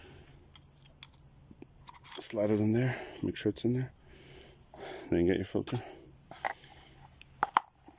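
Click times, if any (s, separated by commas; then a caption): 7.4 s, 7.6 s. Paper oil filter element for a Dodge Grand Caravan is pushed onto its plastic filter housing cap while someone talks. It clicks into place at 7.4 s and 7.6 s, then is tugged to confirm it is held firmly and seated.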